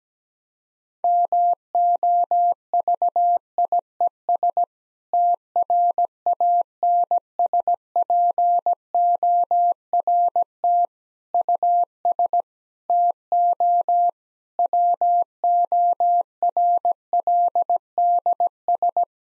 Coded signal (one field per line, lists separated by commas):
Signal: Morse code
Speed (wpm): 17 wpm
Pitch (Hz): 700 Hz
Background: none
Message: MOVIES TRANSPORT US TO WORLDS